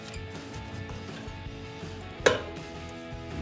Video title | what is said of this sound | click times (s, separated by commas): Jeep Gladiator JT Rough Country Heavy Duty LED Rear Bumper Review & Install | push it in until it clips, and it doesn't come loose. | 2.3 s